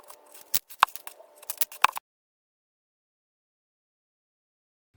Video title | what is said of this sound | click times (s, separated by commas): Tutorial for the “Dayla Crossbody" bag by KC Original. (See description box for all materials used.) | When you use a rivet, you want to hear that snapping sound, and that means the cap is has enough clearance on the post to snap in place. | 0.8 s, 1.8 s